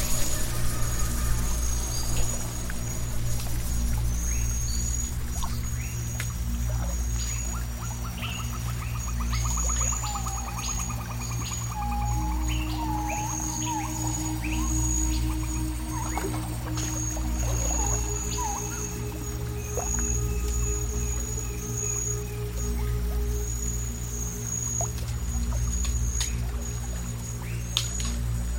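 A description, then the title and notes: Jungle swamp ambience with a steady low drone and a thin, constant insect whine high above. Between roughly seven and eighteen seconds, short whistling calls and chirps rise and fall over the bed, then the texture settles back to the even hum. Jungle swamp ambience.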